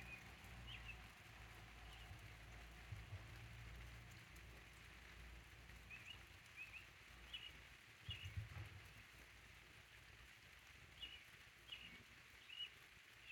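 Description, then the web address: Bird chirps, thin high notes scattered throughout, with rain hiss and a low rumbling hum beneath. "codly ambient-or-nature birds in the rain"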